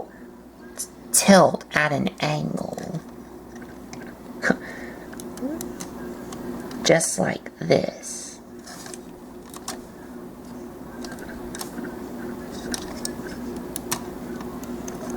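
Someone talks while tilting a part of a plastic Transformers Prime Hot Shot figure at an angle and pushing it toward its locking joint during transformation, with light plastic handling ticks and taps. The part has not locked into place yet.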